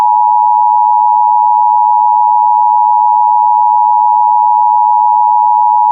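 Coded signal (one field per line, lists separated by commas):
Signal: Emergency Alert System (SAME) tones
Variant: 853 and 960 Hz attention tone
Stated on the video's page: Child abduction emergency alert interrupting a TV golf broadcast, played at full volume.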